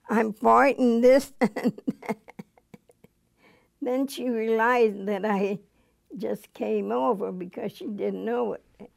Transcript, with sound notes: I'm pointing at this (she laughs) and that. Then she realized that I just came over because she didn't know it.